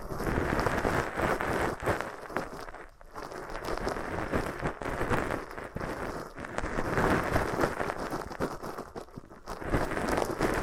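Floral foam being handled, giving a dense, crackly, rustling texture that runs almost without a break. The crunching swells and eases in waves, with brief lulls near three and seven seconds, and sharp little snaps scattered throughout over a soft low rumble.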